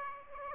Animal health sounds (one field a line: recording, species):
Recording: mosquito wingbeat signal from an infrared sensor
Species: Aedes aegypti